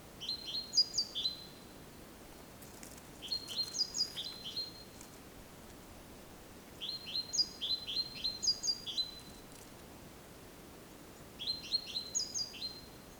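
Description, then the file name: Great tit repeating four bursts of fast upswept chirps with thin high squeaks, roughly every three to four seconds. "Parus major"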